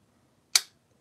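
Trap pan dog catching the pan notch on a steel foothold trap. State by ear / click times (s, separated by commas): seated / 0.6 s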